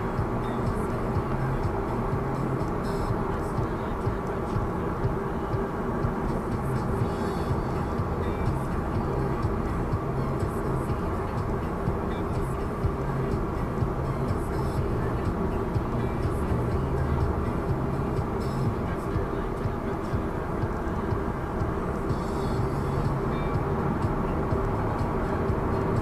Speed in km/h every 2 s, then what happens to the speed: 82, 81, 79, 78, 76, 76, 75, 74, 74, 75, 76, 81, 88.
0-17 steady at about 76. 17-26 speeds up to 88.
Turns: none.